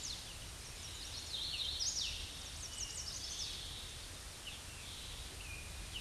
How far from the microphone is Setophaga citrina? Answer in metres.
about 25 m